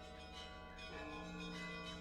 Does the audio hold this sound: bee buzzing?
no